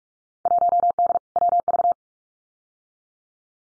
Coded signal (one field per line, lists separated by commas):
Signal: Morse code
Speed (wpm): 46 wpm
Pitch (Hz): 700 Hz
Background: none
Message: 1D WV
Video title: Field Day Exchange 45wpm